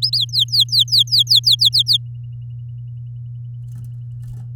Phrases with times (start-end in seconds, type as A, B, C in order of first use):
0.02-0.16 A, 0.17-1.97 B